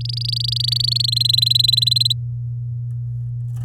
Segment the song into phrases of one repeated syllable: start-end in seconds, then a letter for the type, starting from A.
0.01-1.06 A, 1.08-2.13 B